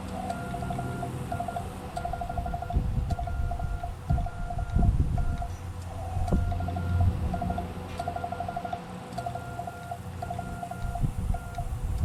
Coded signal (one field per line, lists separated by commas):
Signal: Morse code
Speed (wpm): 14 wpm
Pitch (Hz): 1400 Hz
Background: none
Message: KI5WWT KI5WWT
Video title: POTA US-2996 - Aug 9 2025 - Solar Storm.